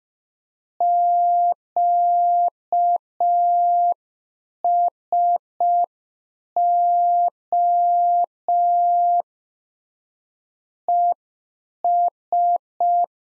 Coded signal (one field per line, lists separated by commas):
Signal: Morse code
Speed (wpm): 5 wpm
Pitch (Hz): 700 Hz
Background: none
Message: QSO ES